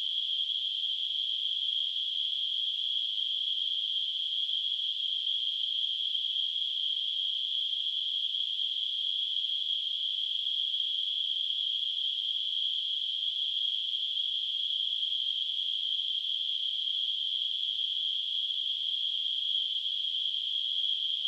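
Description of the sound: Simulated tinnitus: a steady, unbroken narrow band of hissing tone centred near 3 kHz, with nothing below about 2 kHz, holding the same level throughout.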